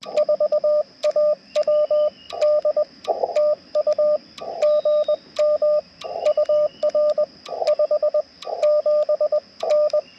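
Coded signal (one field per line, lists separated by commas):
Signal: Morse code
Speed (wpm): 20 wpm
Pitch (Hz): 600 Hz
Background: radio noise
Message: 4AWD TU GM UR 57N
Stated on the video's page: CW Parks on the Air activation with a Yaesu FT-891 and a Chameleon MPAS Lite antenna.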